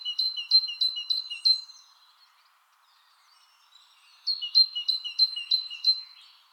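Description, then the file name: Great tit uttering two quick series of bright two-note calls, about five or six notes each, separated by a silent gap of a few seconds. "Parus major"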